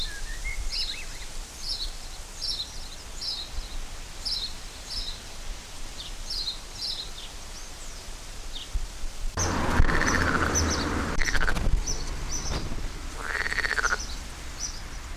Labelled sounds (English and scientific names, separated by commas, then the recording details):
Edible Frog (Pelophylax esculentus) call
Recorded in the wild
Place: Lübars, Benekendorffstraße, Berlin, DE
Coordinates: 52.6167, 13.3469
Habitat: Gartenteich
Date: 1998-06-13 11:49
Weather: heiter, 15°C
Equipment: Sony MD-WM MZ-R3, Sennheiser MKH 416 T, Kopie Uher 4000 Report Monitor
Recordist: Tembrock, Günter